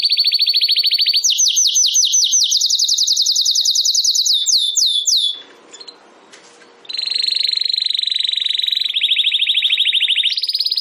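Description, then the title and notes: Domestic canary song with quick repeated down-slurred notes and buzzy trills, a short quiet spell in the middle, then a long steady rattling tour. Belgian canary singing; recording labelled Campainha. "Canário Belga Campainha Canary Singing. Canario Belga Cantando"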